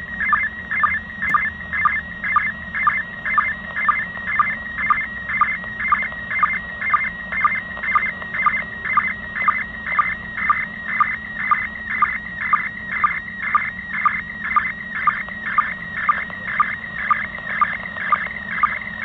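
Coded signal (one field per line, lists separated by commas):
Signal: SSTV (slow-scan television)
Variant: PD120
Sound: steady warbling tone around 2 kHz with regular short low blips about twice a second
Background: radio hiss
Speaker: so you can see here how it actually decoded a picture no cables no nothing it decoded the mode it actually detected the mode pd-120 by itself and even if it's not perfect kind of a neat picture still received from the international space station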